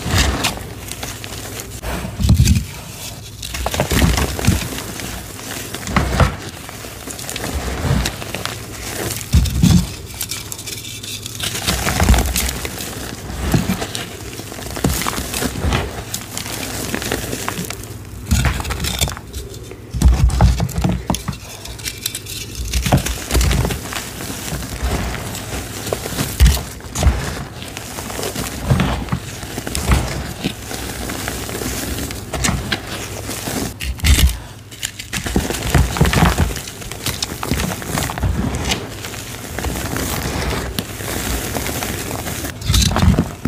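Crispy, crunchy crumbling of black iron oxide gym chalk, with dense crackles and snaps running steadily through the whole span. Sharper bright crunches stand out every few seconds, while a low rumble and handling thumps sit underneath, with brief quieter gaps between bursts.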